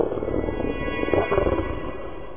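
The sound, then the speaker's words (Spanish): Low, rough growling, sustained and fairly loud, with a strained, moaning tone like a hurt animal; no speech, the harsh rumble swells slightly midway before continuing. “Esos gruñidos horribles, como de un animal herido.”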